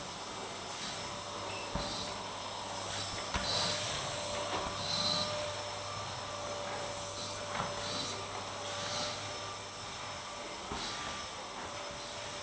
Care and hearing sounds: daily activity, microphone in the room; vacuum cleaning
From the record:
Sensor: 3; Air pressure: 1011.9 hPa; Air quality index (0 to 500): 236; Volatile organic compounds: 5 ppm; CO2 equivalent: 1750 ppm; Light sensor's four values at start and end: 6/13/5/5 and 9/22/9/9

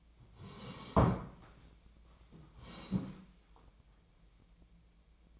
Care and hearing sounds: daily activity, microphone in the room; sit down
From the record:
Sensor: 1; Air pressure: 1012.3 hPa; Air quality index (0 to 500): 172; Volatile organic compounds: 3 ppm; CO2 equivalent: 1412 ppm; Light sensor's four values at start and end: 48/128/52/64 and 47/127/52/64

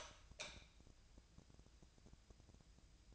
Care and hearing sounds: daily activity, microphone in the room; light on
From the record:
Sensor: 2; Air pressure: 999.9 hPa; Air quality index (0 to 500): 118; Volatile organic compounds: 2 ppm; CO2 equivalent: 1019 ppm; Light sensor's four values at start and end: 28/71/30/33 and 32/81/34/38

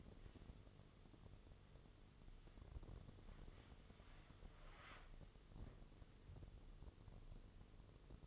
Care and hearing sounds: daily activity, microphone in the room; wipe stove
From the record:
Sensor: 4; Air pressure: 1016.0 hPa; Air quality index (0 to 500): 119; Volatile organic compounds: 3 ppm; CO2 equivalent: 1337 ppm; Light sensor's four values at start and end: 9/19/7/7 and 9/19/7/7

